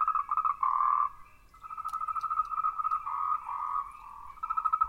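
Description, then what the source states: Frog giving continuous loud pulsed trills with brief breaks. Recorded 14 March 2023.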